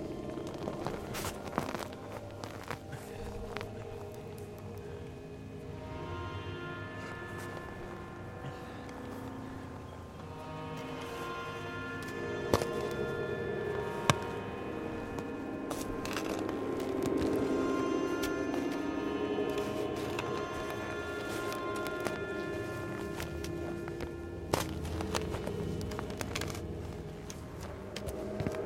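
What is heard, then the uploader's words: Slow sustained synth tones hold steady over a low rumble, with sharp clicks and knocks from yard work around 1, 13, 14 and 25 seconds. A stereo recording of working in the yard and slow meditative synths.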